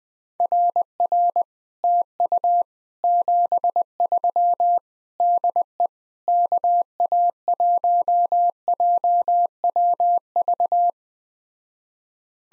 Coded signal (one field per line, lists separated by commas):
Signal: Morse code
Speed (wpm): 20 wpm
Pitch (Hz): 700 Hz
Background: none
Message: RR TU 73 DE KA1JWV